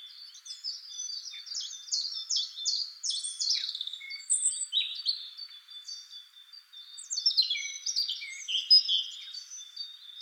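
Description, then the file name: European robin singing two phrases of high, sparkling notes and rapid trills, with a brief quieter gap between them. "Erithacus rubecula"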